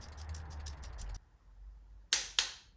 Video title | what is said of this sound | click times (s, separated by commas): DIY VW Caddy Service: How to Change Oil, Oil Filter & Glow Plugs - Save Money! | when you heard the click that means you reached the seted force for the glow bler | 2.1 s